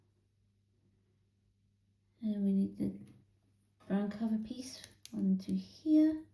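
A brown plastic cover brick is handled over a brick model, ready to be pressed onto it, while someone talks over a faint low hum. Nothing has seated or clicked yet.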